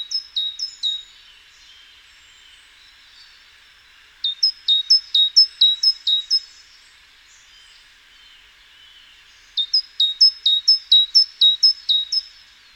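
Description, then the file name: Great tit giving bright repeated two-note phrases in three bouts of roughly one to three seconds separated by silent pauses; faint background hiss. "Parus major"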